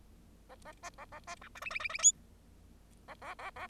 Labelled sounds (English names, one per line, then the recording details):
Bengalese Finch song
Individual Bird0